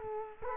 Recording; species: mosquito wingbeat signal from an infrared sensor; Culex quinquefasciatus